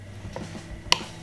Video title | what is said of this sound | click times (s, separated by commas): LJE Products Ski-Doo Gen 4 WhiteOut Accessory Light Installation | And it snaps right in. | 0.9 s